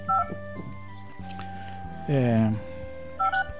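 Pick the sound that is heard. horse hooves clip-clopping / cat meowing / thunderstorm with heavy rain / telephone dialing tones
telephone dialing tones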